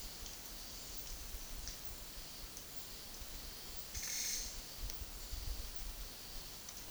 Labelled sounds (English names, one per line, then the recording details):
none
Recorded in secondary vegetation near Puerto Asís, Putumayo, Colombia, on 19 February 2024 at 12:00
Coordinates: 0.468, -76.324
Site G6381